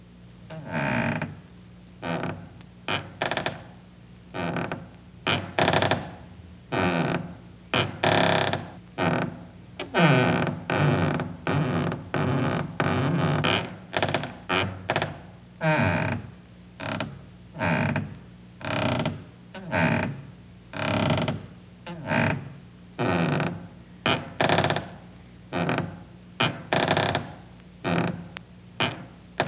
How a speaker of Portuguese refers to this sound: Sim, de fato, isto foi uma porta. Pierre Henry não ficou muito tempo na questão de fazer uma porta executar escalas. O que ele procurou extrair disso foi ritmos, granulações ou perfis dos quais ele produzirá cerca de 25 variações.